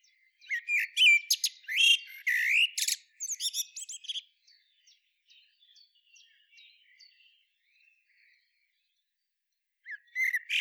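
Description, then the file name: Common blackbird song, loud phrases of high squeaky twitters and sweeps, then mostly soft scattered notes before a final loud phrase begins. "Turdus merula"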